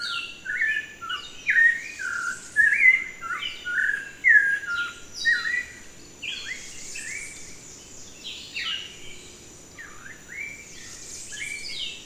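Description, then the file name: Thrush song of clear whistled and warbled phrases, about one a second, loud at first and fading in the second half, with faint low rumble and high hiss behind. "grive"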